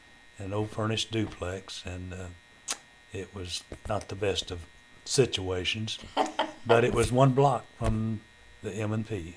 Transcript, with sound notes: An old furnished duplex, and it was not the best of situations. (Laughter) But it was one block from the M&P.